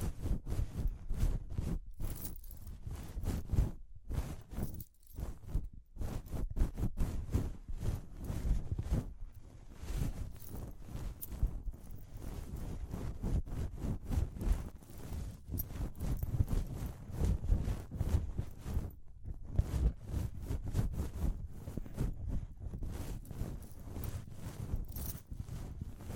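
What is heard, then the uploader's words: Dense tapping and scratching run almost without pause, a quick irregular patter with a heavy, muffled low end and occasional crisp bright flicks. Brief quiet gaps break the stream around 4, 5, 9 and 19 seconds before it resumes. Tapping, Scratching, Ear Cleaning with Jingling Sounds.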